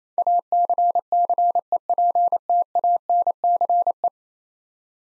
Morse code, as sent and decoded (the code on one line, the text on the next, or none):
.- -.-. -.-. . .--. - .- -. -.-. .
ACCEPTANCE